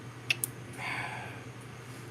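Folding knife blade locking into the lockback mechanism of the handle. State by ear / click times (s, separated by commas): seated / 0.3 s, 0.4 s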